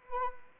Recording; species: mosquito wingbeat signal from an infrared sensor; Anopheles arabiensis